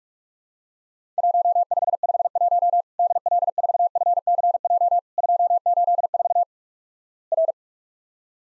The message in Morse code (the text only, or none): 1551 DL4FCJ 284 R